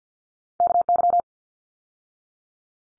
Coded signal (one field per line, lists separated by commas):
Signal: Morse code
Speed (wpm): 50 wpm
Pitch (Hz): 700 Hz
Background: none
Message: KY